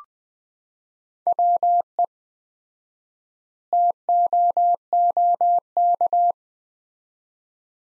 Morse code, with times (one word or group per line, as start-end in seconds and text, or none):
1.3-2.0 WE
3.7-6.3 TOOK